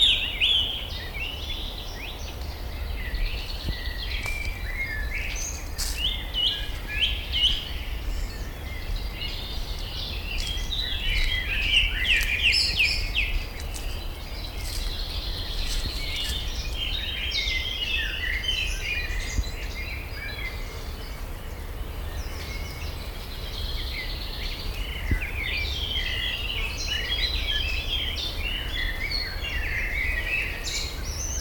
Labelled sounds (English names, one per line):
Song Thrush